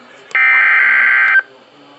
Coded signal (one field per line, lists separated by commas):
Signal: Emergency Alert System (SAME) tones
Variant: header bursts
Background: speech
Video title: IT BEGINS... | EAS Capture #23